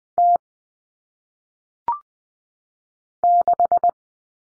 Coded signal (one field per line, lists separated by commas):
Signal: Morse code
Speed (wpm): 20 wpm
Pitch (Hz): 700 Hz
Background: none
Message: T 6